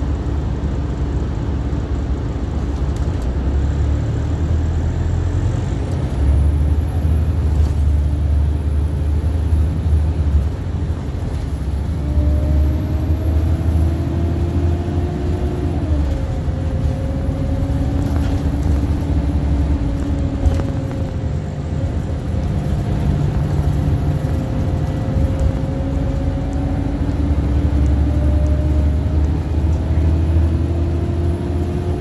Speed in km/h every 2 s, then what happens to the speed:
0, 10, 18, 26, 32, 39, 42, 47, 50, 47, 44, 45, 48, 53, 58, 63.
0-16 pulls away to 50. 19-32 speeds up to 63.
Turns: none.